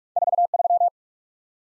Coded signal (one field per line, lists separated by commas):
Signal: Morse code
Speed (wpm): 47 wpm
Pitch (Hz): 700 Hz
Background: none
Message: 43